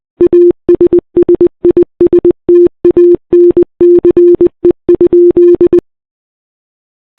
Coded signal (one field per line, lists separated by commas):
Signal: Morse code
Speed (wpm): 20 wpm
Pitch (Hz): 350 Hz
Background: none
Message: ASSISTANCE?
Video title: RMS Titanic Morse Code Chat Logs (With VS7 Ships)